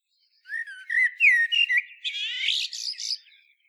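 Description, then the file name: Common blackbird phrase: several mellow, flute-like whistled notes followed by a buzzy, squeaky high twitter lasting about a second. "Turdus merula"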